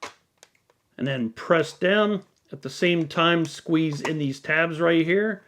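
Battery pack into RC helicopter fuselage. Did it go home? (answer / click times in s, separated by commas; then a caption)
no / none. A flight battery pack is worked down into the light plastic fuselage of a Yu Xiang F11S Apache RC helicopter from Stirlingkit and pressed down while the side tabs are squeezed. A few short, faint handling ticks sound in the first 0.7 seconds, then someone talks. Nothing has seated or clicked yet.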